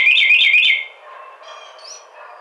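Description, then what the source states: Carolina wren song ending, with a short run of rapid rolling repeated phrases that cuts off, followed by soft, faint bird calls in the background. Recorded 30 April 2009.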